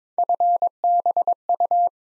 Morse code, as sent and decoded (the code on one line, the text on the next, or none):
..-. -... ..-
FBU